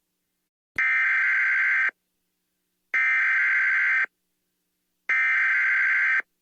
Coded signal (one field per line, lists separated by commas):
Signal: Emergency Alert System (SAME) tones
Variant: header bursts